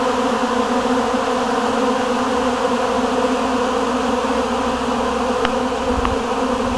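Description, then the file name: Continuous bee buzz, a thick humming drone without breaks, with a couple of faint ticks late on. "abejas zumbando"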